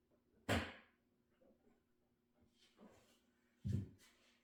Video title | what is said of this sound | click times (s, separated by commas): First time changing a Jaguar f-type puddle light slide from the original to a custom logo slide 😍 | It snaps back in so much easier. | 0.5 s